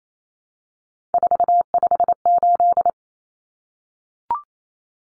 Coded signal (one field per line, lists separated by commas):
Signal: Morse code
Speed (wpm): 28 wpm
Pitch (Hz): 700 Hz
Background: none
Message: 458